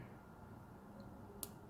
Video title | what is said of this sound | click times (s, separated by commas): 09-1.엘리오_서보모터 연결 및 코딩하기 | 핀과 관련 gpm 저번시간에 선 앞 되면서 작업을 하셨죠 자 이렇게 딸깍 | 1.4 s